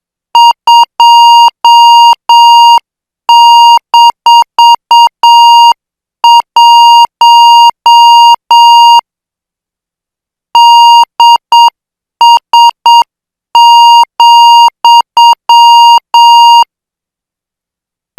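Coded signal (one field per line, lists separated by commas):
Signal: Morse code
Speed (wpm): 7 wpm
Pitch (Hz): 940 Hz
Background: none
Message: 2-1 DS,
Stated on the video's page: Morse practice of international five-character code groups at 8 words per minute.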